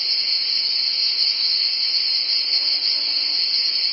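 Cicadas producing a constant, piercing high buzz with no breaks.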